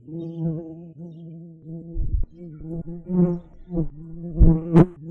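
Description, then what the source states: Common carder bee buzzing in a low, droning hum that wavers in pitch, with several louder bursts and crackles through the second half. Workers.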